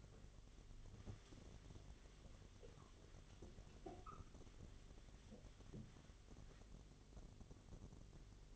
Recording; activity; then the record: daily activity, microphone in the room; wipe stove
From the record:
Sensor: 4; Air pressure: 1007.9 hPa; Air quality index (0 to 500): 198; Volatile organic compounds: 7 ppm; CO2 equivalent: 1979 ppm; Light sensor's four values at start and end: 22/71/27/26 and 22/70/27/26